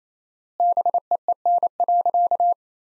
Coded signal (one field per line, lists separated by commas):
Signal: Morse code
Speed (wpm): 28 wpm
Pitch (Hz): 700 Hz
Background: none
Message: BEEN.